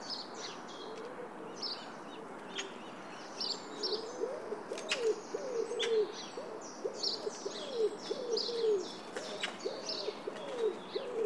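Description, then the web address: Bird calls: soft, low arched cooing notes in a steady series over the second half, mixed with many faint high chirps from other birds. "Bird Only"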